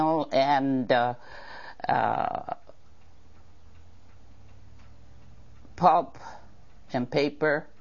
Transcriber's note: cuckoo clock goes off